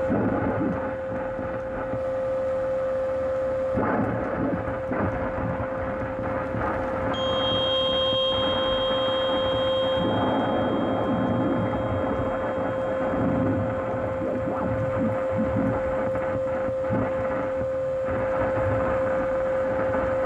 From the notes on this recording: RF Radio Frequency Interference 1620AM